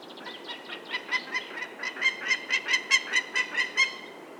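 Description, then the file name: Peregrine falcon giving a harsh, grating cackle, many rasping notes in quick succession, growing louder before stopping. "vandorsolyom hangja"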